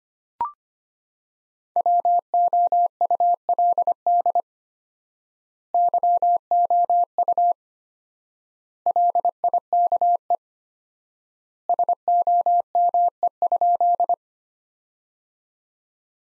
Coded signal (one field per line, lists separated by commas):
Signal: Morse code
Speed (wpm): 25 wpm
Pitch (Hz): 700 Hz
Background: none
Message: WOULD YOU LIKE SOME?